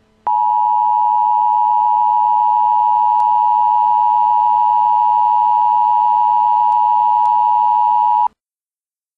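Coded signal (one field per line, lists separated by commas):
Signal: Emergency Alert System (SAME) tones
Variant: 853 and 960 Hz attention tone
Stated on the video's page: Required monthly test for Oregon.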